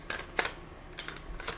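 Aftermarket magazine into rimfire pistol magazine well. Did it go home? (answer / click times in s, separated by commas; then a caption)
no / none. A Black Dog aftermarket magazine is pushed into the magazine well of a Hammerli TAC R1 rimfire pistol, producing a series of short, sharp clacks and knocks at about 0.1, 0.4, 0.5, 1.0, 1.1 and 1.5 seconds. The magazine does not lock in, because the pistol takes a proprietary magazine, and nothing has seated or clicked into place.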